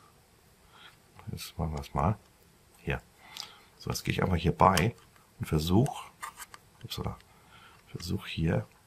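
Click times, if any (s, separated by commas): none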